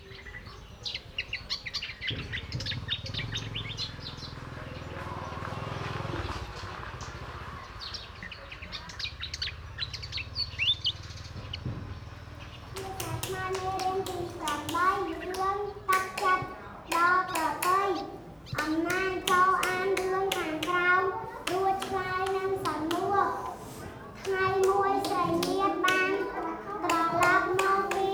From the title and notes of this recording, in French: La maison des enfants de Ptea Clara au Cambodge. Des paroles , des rires, des bruits et aussi des chants d'oiseaux cohabitent dans cet oasis de vie retrouvée.